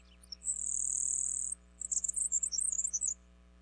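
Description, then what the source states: Grasshopper Sparrow song: a very high, thin, insect-like buzz held for about a second, then a quick sputtering run of high tinkling notes. Song so buzzy that it is easily mistaken for an insect.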